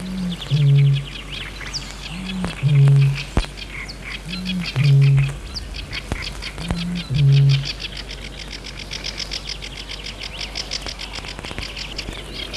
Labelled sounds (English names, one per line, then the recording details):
Great Bittern
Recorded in the wild
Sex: male
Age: adult
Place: Hähnichen, Teichgebiet Niederspree, Sachsen, DE
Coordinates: 51.3864, 14.8831
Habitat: pond
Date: 1957-04-30
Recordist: Meyer, Hugo